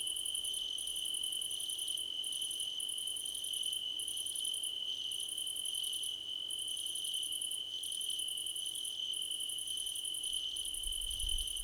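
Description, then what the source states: Cricket chorus with one continuous high-pitched trill plus fast pulsing bursts that stop and restart irregularly; a brief low thump near the end. Crickets in a choir competition.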